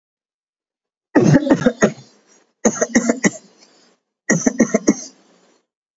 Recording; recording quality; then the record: shallow voluntary cough; excellent, no background noise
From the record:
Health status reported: healthy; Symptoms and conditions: none ticked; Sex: male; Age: 28 years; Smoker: not ticked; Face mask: not worn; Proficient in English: yes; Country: India